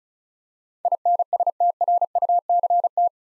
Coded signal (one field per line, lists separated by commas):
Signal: Morse code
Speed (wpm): 36 wpm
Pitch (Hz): 700 Hz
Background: none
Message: INSTRUCT